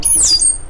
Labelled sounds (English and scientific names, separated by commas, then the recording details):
Stitchbird (Notiomystis cincta) song
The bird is a male
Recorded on Tiritiri Matangi Island, New Zealand, in 2005
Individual 12, of nest box 16